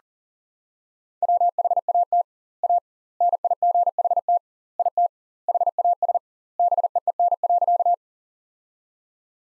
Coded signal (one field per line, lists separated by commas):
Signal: Morse code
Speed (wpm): 40 wpm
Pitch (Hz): 700 Hz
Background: none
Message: WHAT A NIGHT IT HAS BEEN.